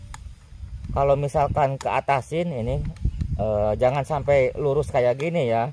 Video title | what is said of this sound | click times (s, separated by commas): Tes power BANDIT spesial & akurasi _ usir hama babi hutan | ini siliperernya ini kita tekan ke bawah Ya ini ngunci ya nih | 0.1 s